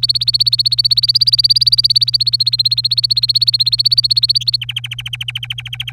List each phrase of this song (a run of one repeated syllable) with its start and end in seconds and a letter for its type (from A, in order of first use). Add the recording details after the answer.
0.00-4.56 A, 4.61-5.92 B. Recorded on 25 April 2018 at 06:57. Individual llb3